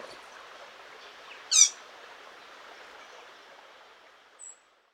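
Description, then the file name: Eurasian blackcap uttering a single sharp, dry tac click, followed by a brief thin high note, over a soft rushing background. "Sylvia atricapilla"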